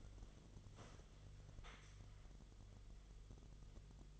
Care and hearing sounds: daily activity, microphone in the room; sit down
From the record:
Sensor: 4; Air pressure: 1006.0 hPa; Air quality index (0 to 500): 108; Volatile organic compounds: 3 ppm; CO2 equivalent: 1364 ppm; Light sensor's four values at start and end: 12/28/11/10 and 12/28/11/10

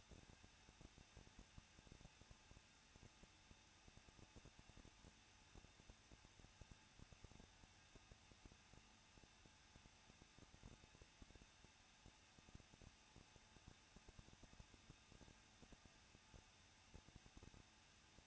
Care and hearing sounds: daily activity, microphone in the room; no activity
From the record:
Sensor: 2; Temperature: 21.0 degrees Celsius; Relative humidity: 37.5%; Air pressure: 1006.3 hPa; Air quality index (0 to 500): 223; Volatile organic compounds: 25 ppm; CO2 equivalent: 2837 ppm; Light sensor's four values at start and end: 2/3/2/2 and 2/3/2/2

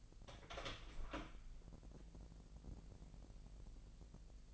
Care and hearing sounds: daily activity, microphone in the room; open door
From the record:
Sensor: 5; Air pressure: 1001.6 hPa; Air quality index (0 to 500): 248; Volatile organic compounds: 33 ppm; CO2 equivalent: 3030 ppm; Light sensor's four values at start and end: 40/92/37/37 and 40/92/37/37

